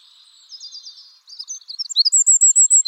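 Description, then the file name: Eurasian wren singing: soft high warbling notes run into a loud, evenly repeated high trill that carries to the end. "Troglodytes troglodytes"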